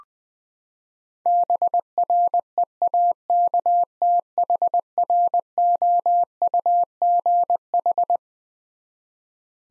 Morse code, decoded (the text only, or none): BREAKTHROUGH